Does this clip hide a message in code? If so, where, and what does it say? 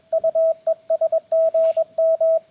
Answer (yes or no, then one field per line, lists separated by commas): yes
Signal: Morse code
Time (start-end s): 0.1-2.4 s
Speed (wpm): 22 wpm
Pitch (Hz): 650 Hz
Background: radio noise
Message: U ES GM